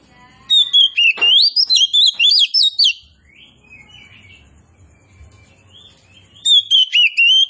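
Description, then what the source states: Oriental magpie-robin singing a rapid, varied string of sweet whistles and chirps for over two seconds, falling silent, then starting a fresh whistled phrase. Kacer poci type, described as singing vigorously (gacor).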